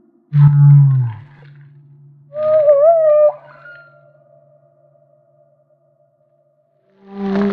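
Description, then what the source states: Humpback whale song: a low groan, a mid-pitched wavering wail with a trailing tone, a long quiet gap, then the start of another moan. Maui.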